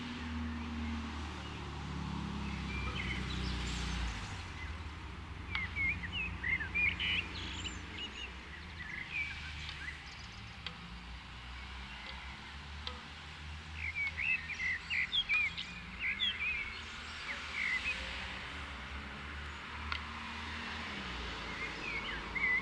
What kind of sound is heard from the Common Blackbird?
song